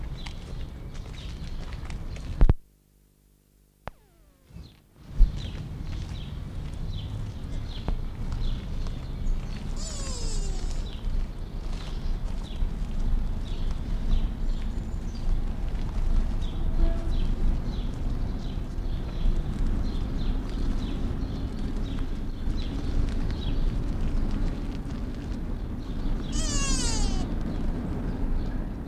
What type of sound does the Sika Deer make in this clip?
call